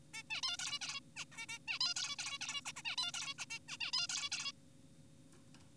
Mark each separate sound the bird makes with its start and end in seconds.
0.14-0.23, 0.30-0.41, 0.43-0.57, 0.59-0.79, 0.81-1.00, 1.17-1.25, 1.32-1.46, 1.49-1.59, 1.68-1.79, 1.81-1.94, 1.96-2.16, 2.19-2.38, 2.41-2.61, 2.66-2.73, 2.76-2.82, 2.85-2.96, 2.98-3.12, 3.14-3.34, 3.39-3.46, 3.50-3.59, 3.69-3.77, 3.81-3.91, 3.93-4.07, 4.09-4.29, 4.32-4.52